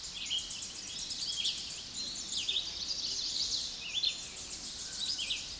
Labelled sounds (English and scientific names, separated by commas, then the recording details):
Red-eyed Vireo (Vireo olivaceus) song
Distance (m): 20 m
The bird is about 15 m above the microphone
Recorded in a Pennsylvania forest on 16 May 2024 at 06:46
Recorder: AudioMoth, point MSD-2143
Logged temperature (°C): 16.0 °C
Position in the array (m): 53 m, 163 m